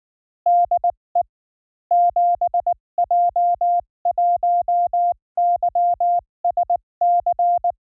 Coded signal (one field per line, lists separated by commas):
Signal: Morse code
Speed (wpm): 19 wpm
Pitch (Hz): 700 Hz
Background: none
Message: DE 7J1YSC